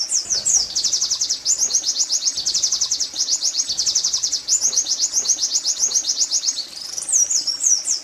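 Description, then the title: White-eye song, a dense stream of very high, fast zipper-like notes running almost without pause, closing with a few sharper twittered phrases. Song style called tembakan zipper; many birds singing together (ombyokan); meant for training songbirds (masteran). "pleci tembakan zipper pas buat masteran pleci ombyokan"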